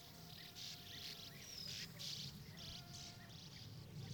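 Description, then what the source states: Fly buzzing as a low steady drone, with high bird chirps and whistles scattered through a soft rushing background. At a big river, together with birds.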